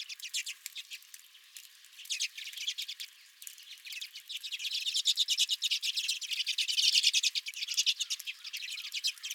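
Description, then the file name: Redpolls calling, thin scattered twitter at first that swells into dense, loud chattering in the second half. Redpolls at the recordist's own feeder. "Redpolls at My Feeder"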